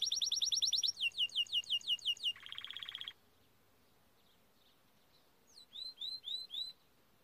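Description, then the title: Canary song: a quick high trill slows into sweeping notes, then a low buzzy roll, a pause, and a few rising-falling whistles. Timbrado canary song used as a training recording. "Canary Bird Singing - Timbrado training video"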